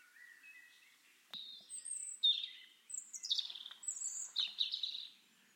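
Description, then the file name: European robin song: a few quiet lower notes, a sudden click, then high, thin, sliding whistles and rippling trills over a soft background hiss. "Erithacus rubecula"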